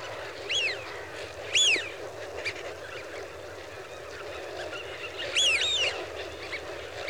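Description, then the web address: Eurasian wigeon giving loud two-note whistles, first near the start then again later, separated by softer flock chatter and clicks. "BBC Sound Effects Library. Wigeon (Anas Penelope) Flock"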